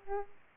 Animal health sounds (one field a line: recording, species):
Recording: mosquito wingbeat signal from an infrared sensor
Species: Aedes aegypti